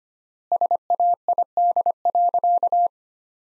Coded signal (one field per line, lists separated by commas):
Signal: Morse code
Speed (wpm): 25 wpm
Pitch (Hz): 700 Hz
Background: none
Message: SAID.